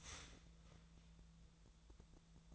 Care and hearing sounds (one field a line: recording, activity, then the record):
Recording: daily activity, microphone in the room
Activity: start toaster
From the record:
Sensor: 3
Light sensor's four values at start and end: 37/95/40/43 and 37/95/40/43